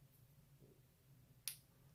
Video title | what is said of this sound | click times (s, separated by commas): Google Pixel 3 XL Unboxing First Impressions and Globally Unlocked Verification | and there it is snapped right into place | 1.5 s